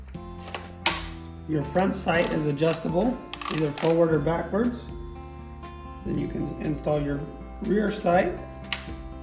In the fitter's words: it actually clicks right in and you can hear it click